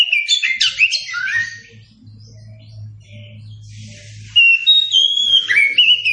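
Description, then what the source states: Oriental magpie-robin song: a phrase of varied whistles, a pause with a steady low hum, then long bright whistled notes. Song recording (masteran) used to train captive songbirds.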